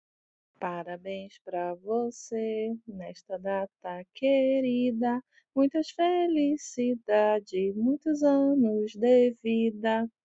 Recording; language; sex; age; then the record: short text; Brazilian Portuguese; female; 40 to 49 years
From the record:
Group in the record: control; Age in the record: 40 years